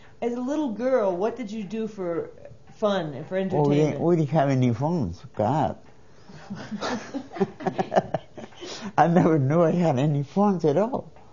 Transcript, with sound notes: As a little girl what did you do for fun and for entertainment?
We didn't have any fun, God. ( they laugh ) I never knew I had any fun at all.